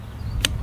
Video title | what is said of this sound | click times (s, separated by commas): Beretta ARX-100 Review, disassembly and magazine compatibility | you pull out until you hear a click on the handle and then you rotate it inwards | 0.5 s